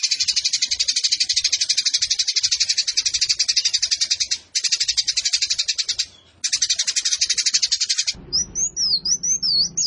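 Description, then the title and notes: Eurasian tree sparrow rapid buzzy chatter for about eight seconds with short pauses, then clear whistled notes rising and falling at the end. Fighting sparrow with long bursts and a clear voice; masteran tutor song for competition birds. "GEREJA TARUNG NEMBAK PANJANG SUARA JERNIH MASTERAN WAJIB BURUNG LOMBA. Burung Gereja"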